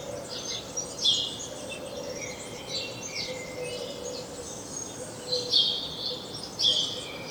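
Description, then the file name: House sparrow giving scattered chirps, bursts near the start and two louder ones toward the end, against constant hissing background noise. "Passer domesticus"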